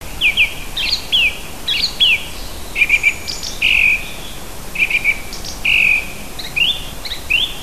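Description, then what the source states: Bird song of short varied phrases, clear whistled slurs and warbled notes, with brief pauses, over steady background hiss. Native bird, recorded in June.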